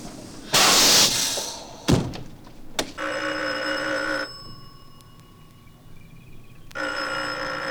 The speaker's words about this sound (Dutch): Wildershuizen belt de telefoon, maar niemand antwoordt. Het huis is leeg.